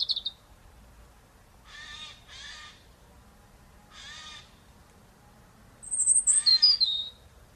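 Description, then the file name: European robin song: one thin high phrase near the end, tumbling from high notes to lower warbles, after three harsh, rasping bursts earlier. "Erithacus rubecula"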